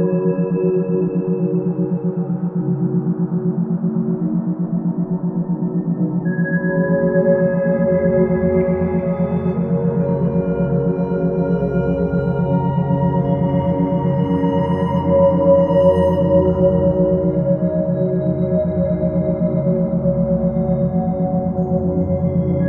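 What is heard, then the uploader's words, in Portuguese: A 7.38 Hz tone piece: sustained, ringing bowl-like tones with a fast steady pulse, thickening in the low range near six seconds, brighter tones later. Frequência 7,38 Hz - “original” da terra.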